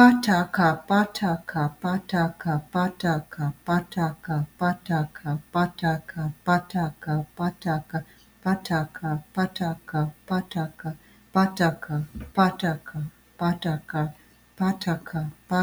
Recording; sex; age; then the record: repeated syllables /pa ta ka/; female; 40 to 49 years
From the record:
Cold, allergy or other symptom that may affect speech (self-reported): no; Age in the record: 48 years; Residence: Michigan, United States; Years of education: 16